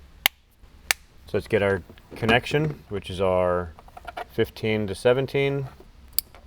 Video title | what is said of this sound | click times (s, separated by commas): Alpine JK Wrangler Full Speaker System Install (SPV-65X-WRA) - '07 - '18 JL Wrangler | it has little Clips in here that's just going to snap right into place this also just snaps right in | 0.3 s, 0.9 s